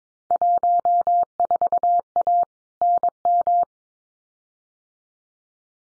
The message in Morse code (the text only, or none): 14A NM